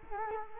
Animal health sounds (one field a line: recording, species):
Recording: mosquito wingbeat signal from an infrared sensor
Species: Culex quinquefasciatus